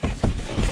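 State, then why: Seated. A plastic rear seat-back trim panel on a 2003–07 Honda Accord is worked so its lip goes over the metal seat-back frame, with the seat belt over it. After low, steady rustling, a sharp snap at 0.2 seconds marks the panel snapping into place, and it is seated.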